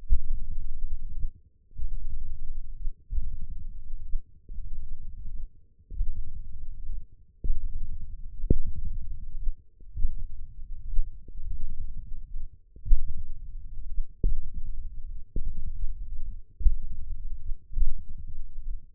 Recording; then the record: forearm muscle sounds (acoustic myography)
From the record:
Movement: tripod grip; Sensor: system 1, eight BSWA MPA416 microphones around the upper forearm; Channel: 8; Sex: male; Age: 20 years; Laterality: left